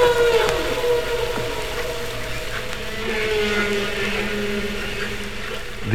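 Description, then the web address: Humpback whale song: a faint tonal note that slowly falls in pitch, heard over broad background noise, with a short louder sound at the very end. "Songs of the humpback whale"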